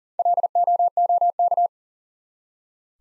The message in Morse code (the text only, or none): LOOK